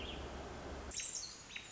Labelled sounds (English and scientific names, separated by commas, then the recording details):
American Robin (Turdus migratorius)
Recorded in Sonoma County, California